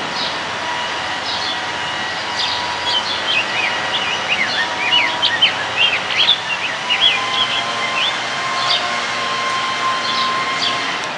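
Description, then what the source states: Rose-breasted grosbeak song: a flowing phrase of whistled, up-and-down slurred notes lasting several seconds, with a hissing background and scattered high chirps. Recorded in 2006.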